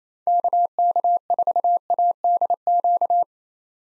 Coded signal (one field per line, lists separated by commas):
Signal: Morse code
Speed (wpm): 28 wpm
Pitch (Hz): 700 Hz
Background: none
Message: KK4ADQ